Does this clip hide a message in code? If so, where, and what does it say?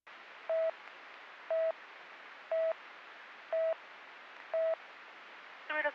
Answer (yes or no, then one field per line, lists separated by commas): no